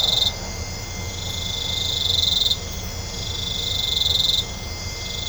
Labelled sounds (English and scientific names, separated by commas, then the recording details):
none
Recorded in pastures near Puerto Asís, Putumayo, Colombia, on 21 December 2024 at 01:30
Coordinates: 0.502, -76.324
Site G077